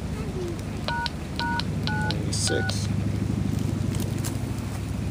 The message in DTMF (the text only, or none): ##96